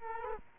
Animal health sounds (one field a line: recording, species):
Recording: mosquito wingbeat signal from an infrared sensor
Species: Culex quinquefasciatus